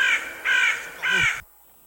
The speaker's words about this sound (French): Ah voilà, non, c'est parce que voilà, la pelouse est dégradée à cause de ça, quoi. C'est corbeau. C'est corbeau.